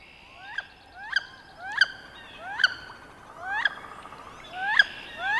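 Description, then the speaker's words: Wood duck calls: a series of rising, slurred whistled notes with sharp peaks, several calls repeated at short intervals, over a quiet background. Call is almost an electronic noise; made mostly during mating times, to attract females. "But here is the sound of a wood duck. So if you hear this, there might be a wood duck nearby."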